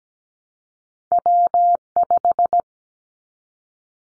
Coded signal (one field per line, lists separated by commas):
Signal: Morse code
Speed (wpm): 17 wpm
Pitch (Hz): 700 Hz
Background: none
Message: W5